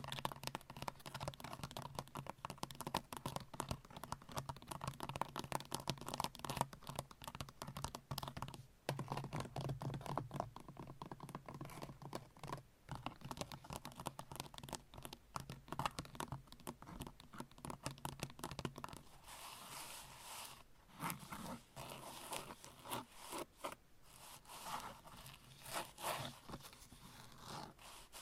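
Long nails scratch and tap in a dense, busy stream of quick clicks and rasps, much like fast typing. The pattering runs steadily for about twenty seconds, then turns lighter and brighter, with softer brushing strokes and scattered taps toward the end.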